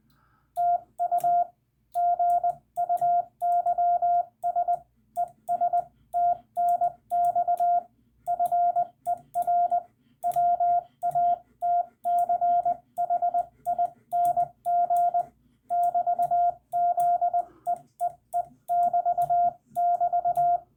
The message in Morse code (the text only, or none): TU GUYS ES TNX FER WATCHING <BT> Z EEE <BT> <BT>